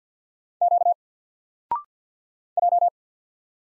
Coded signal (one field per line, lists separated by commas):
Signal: Morse code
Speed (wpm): 48 wpm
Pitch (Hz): 700 Hz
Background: none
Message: Q J